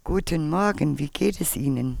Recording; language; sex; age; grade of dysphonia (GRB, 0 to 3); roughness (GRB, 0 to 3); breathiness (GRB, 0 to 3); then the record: spoken sentence; German; female; 50 to 59 years; 2; 2; 1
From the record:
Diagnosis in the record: Reinke's edema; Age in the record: 53 years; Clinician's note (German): Beidseitig mäßiggradig mit funktioneller Komponente